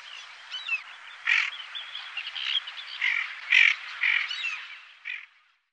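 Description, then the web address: Tufted duck calls, harsh rasping bursts at irregular intervals over a dense, continuous background chatter, fading out near the end. "Faglar Sound Vigg"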